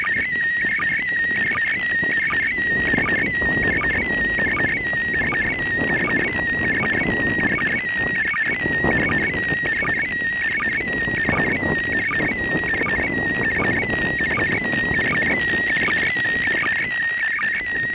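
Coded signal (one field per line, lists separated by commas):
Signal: SSTV (slow-scan television)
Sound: continuous warbling, chirping tone with rapid regular ticks, over noisy radio hiss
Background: radio static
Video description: Reception of SSTV from the ISS to Malta on December 8 2016 using Handheld Transceiver Baofeng and Robot 36 on OnePlus 3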